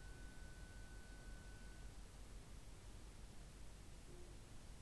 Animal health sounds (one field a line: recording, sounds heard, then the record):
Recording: poultry house recording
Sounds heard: no chicken sound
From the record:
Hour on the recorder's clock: 11